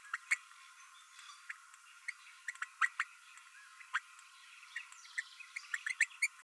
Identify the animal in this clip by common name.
Green-rumped Parrotlet